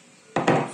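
A replacement 3D-printed plastic coupling is gently pressed and tapped with a setting tool onto the motor-unit shaft of a Silvercrest SSMD 600 A1 blender. After a quiet start, two short knocks come at 0.4 s and 0.5 s rather than a snap. The coupling is practically seated and sits flush.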